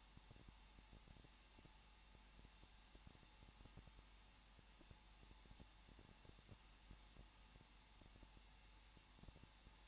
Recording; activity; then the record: daily activity, microphone in the room; no activity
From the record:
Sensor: 1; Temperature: 20.1 degrees Celsius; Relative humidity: 39.4%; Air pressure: 1006.4 hPa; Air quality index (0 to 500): 218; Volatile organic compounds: 80 ppm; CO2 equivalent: 3608 ppm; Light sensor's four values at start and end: 1/2/1/1 and 1/2/1/1